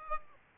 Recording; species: mosquito wingbeat signal from an infrared sensor; Aedes aegypti